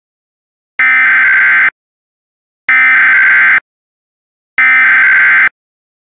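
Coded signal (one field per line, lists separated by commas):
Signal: Emergency Alert System (SAME) tones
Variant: header bursts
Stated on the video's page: Remade fictional EAS scenario of the Three Mile Island nuclear accident, with synthesized sirens.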